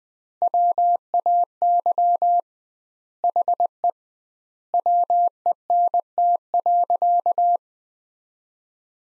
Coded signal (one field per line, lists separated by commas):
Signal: Morse code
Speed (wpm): 20 wpm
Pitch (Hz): 700 Hz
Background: none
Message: WAY HE WENT.